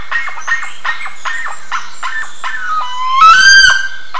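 Bird gives several spaced short call notes, then a longer, louder drawn-out tonal call rising slightly before the short notes resume.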